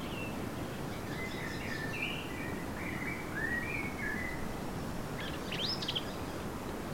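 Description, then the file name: Eurasian blackcap singing, a run of clear whistled notes around mid-high pitch with a scratchier burst near the end, over steady low background rumble. "Sylvia atricapilla"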